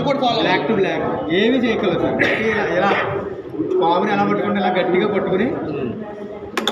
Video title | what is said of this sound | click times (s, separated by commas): Election Training Video 1: How to connect ControlUnit to VVPAT #vvpat#election2024#apteacherstv | ఇలా అంటే 2 టక్ టక్ అని సౌండ్ వచ్చింది సార్. అంతే, ఇంకా రాదు. | 6.6 s, 6.7 s